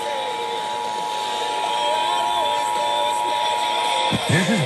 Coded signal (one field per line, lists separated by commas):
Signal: Emergency Alert System (SAME) tones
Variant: 853 and 960 Hz attention tone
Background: speech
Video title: EAS- First Monthly Beepers of 2024! (1/3/24)